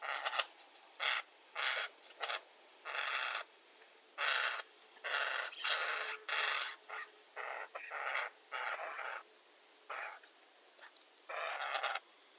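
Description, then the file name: Eurasian jay giving harsh, rasping screeches in a long series of broad, noisy bursts, each up to about a second, spaced irregularly with brief pauses between them. "Garrulus glandarius"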